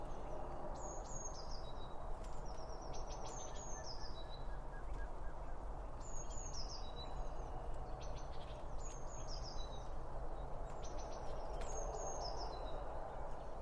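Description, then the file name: Birds giving repeated bursts of high twittering phrases of chirps and short whistles, over a constant low rumble. Birds around a bird feeder, recorded with two Line Audio OM1 microphones. "Birds Around Birdfeeding With Two Om 1 From Line Audio"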